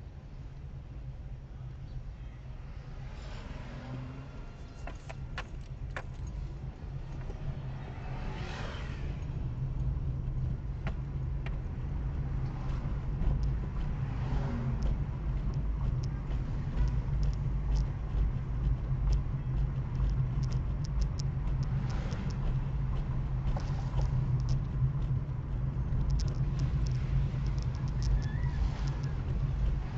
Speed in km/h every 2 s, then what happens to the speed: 9, 9, 7, 15, 21, 23, 27, 29, 31, 31, 29, 28, 28, 28, 27.
4-15 speeds up to 31. 15-30 steady at about 28.